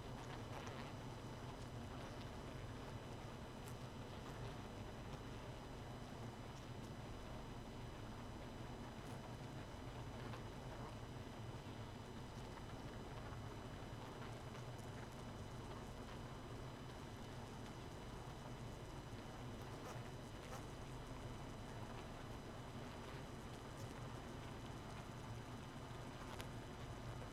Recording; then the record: honeybee colony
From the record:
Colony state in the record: missing queen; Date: 31 May 2018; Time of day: 0:34